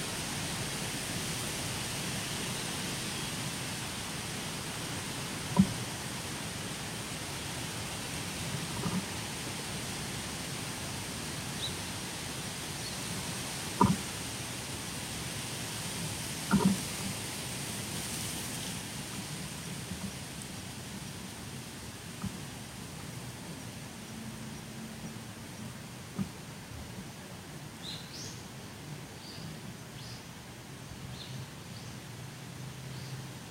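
Wind moves steadily through the trees in a dense, even hiss that barely changes across the whole stretch. A few sharp clicks or knocks stand out near 6, 14 and 17 seconds, and brief high chirps from birds appear faintly around 27 to 31 seconds.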